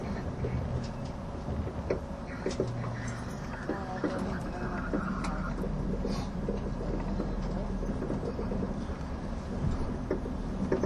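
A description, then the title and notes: A train runs along the Gotthard base tunnel route with a steady low rumble that fills the whole stretch. Frequent short clicks and knocks from the wheels and carriage come through on top, irregular and scattered throughout. A faint tone hums briefly near the start. SBB線 ETR610形 EC311レ 01/01:Zurich HB～Chiasso. In Switzerland, the ETR610 type Eurocity (EC), which is the main tilting vehicle, and the train on the Gotthard Tobasis Tunnel route, which can demonstrate both high speed performance and curve passing performance, are recorded.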